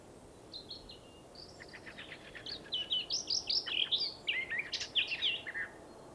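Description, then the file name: Eurasian blackcap warbling song: it starts quietly, then builds into a fast, fluty run of varied notes, over a soft background hiss. "Sylvia atricapilla"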